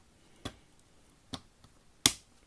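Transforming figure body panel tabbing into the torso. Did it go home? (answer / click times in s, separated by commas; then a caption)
yes / 2.1 s. During transformation of a Ku Bian Bao KBBMP10V die-cast and plastic robot figure, a knock-off of the MP10 Masterpiece Optimus Prime, a tabbed body panel is pulled forward and pushed into its tab in the torso with some effort. Two softer clicks at about 0.5 s and 1.3 s come before a loud, sharp snap at 2.1 s. The part locks firmly into place.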